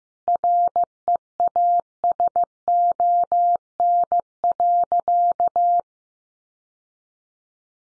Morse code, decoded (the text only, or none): REASON.